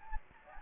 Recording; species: mosquito wingbeat signal from an infrared sensor; Anopheles gambiae